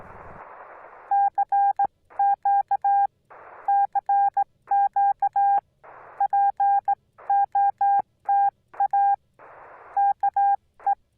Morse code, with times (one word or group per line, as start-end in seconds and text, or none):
1.1-3.1 CQ
3.7-5.6 CQ
6.2-9.1 POTA
10.0-10.9 KE